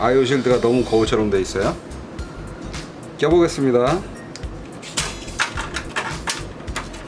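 A mirror-finish metal motherboard I/O shield is handled at the rear opening of a PC case while someone talks. Several taps and clinks follow around 4.4, 5.0, 5.4, 5.8 and 6.8 seconds. Nothing has seated or clicked into place yet.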